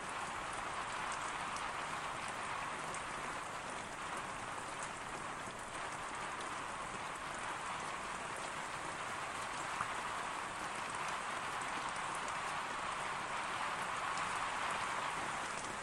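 Heavy rain pours steadily and densely, a bright, even hiss with scattered drop ticks throughout and no other sounds standing out.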